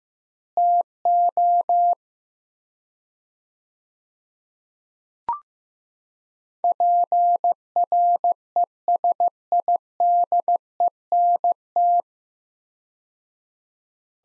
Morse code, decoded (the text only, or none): TO PRESIDENT